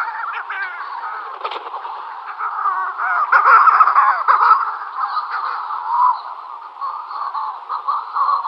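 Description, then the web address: Manx shearwater calls: harsh, crowing cackles that run almost without a break, rising and falling in loudness, rough and strained in tone throughout. "Schulze Peter Manx Shearwater"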